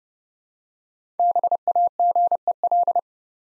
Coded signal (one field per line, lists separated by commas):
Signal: Morse code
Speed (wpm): 30 wpm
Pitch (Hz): 700 Hz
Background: none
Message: BAGEL